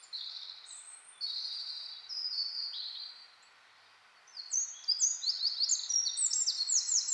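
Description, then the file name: Eurasian wren song: high sharp phrases, a brief pause, then a quick jumble of piercing notes and trills. "Troglodytes troglodytes"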